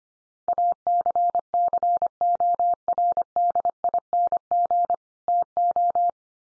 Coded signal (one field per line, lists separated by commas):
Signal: Morse code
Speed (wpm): 25 wpm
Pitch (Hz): 700 Hz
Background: none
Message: ACCORDING TO